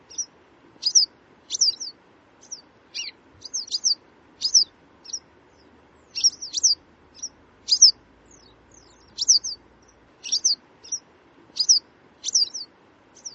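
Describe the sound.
Bird chirps, short high notes given singly and in quick clusters throughout, against a quiet background.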